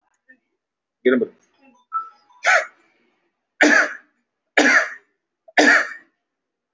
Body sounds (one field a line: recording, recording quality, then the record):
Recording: shallow voluntary cough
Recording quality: excellent, no background noise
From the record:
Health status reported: recovered from COVID-19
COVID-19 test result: positive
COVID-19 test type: RT-PCR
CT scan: taken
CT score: 0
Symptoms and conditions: cold, muscle pain, pneumonia, another respiratory illness, another condition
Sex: male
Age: 33 years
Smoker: no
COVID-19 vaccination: both doses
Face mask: worn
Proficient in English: yes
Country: India